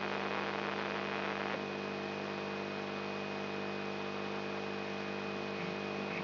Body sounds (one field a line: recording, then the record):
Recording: brain microelectrode recording played as sound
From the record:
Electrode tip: inside the subthalamic nucleus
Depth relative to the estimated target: 1 mm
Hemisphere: right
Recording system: AlphaMap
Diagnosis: Parkinson's disease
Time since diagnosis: 10 years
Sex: male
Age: 56 years